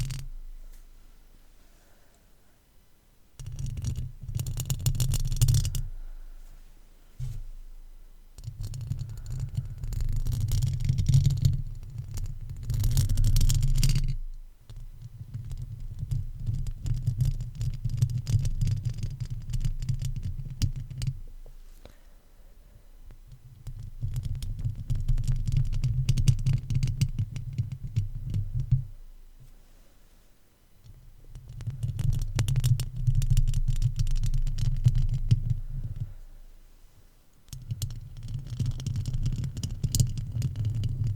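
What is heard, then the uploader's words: Intense microphone scratching in long rough bursts, heavy and low with a throbbing, rumbling body and bright crackly edges. The strokes run for several seconds each, broken by brief silent gaps near 4, 14, 22, 29 and 36 seconds. ASMR INTENSE Mic Scratching To Help You Sleep (No Talking).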